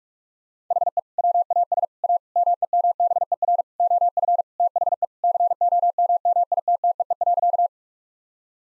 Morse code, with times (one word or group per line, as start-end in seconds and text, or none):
0.7-1.0 HE
1.2-1.9 WAS
2.0-2.2 A
2.4-3.6 MEMBER
3.8-4.4 OF
4.6-5.0 THE
5.2-7.7 COMMITTEE.